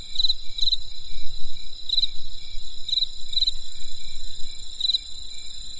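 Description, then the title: High insect trilling held steady, broken by quick chirps at uneven gaps, with a soft low-frequency rumble throughout. Crisp insect sounds on a winter night in the countryside. "There was a crisp sound of insects in the winter night. Come and experience a sound therapy feast from the countryside"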